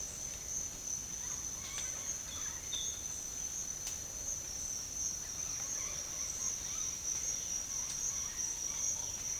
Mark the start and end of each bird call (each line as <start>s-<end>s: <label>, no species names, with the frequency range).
1.33s-3.00s: bird call (0.6-4.4 kHz)